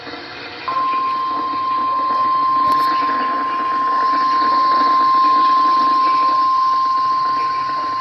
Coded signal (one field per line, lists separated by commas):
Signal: Emergency Alert System (SAME) tones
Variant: 1050 Hz attention tone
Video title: Some Strong To DESTRUCTIVE Storms with 60-80mph wind gusts... EAS Alerts From 7/28/23. (EAS 258-281)